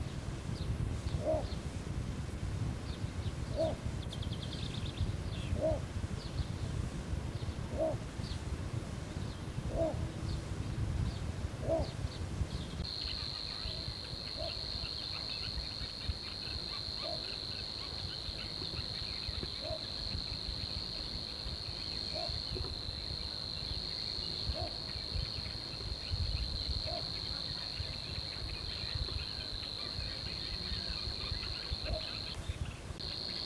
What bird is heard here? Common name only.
Little Bittern